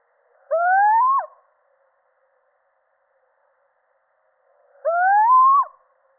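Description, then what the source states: Little owl calling twice, each note a plaintive rising whistle that ends in an abrupt downward flick, spaced about four seconds apart in otherwise silent surroundings. Male.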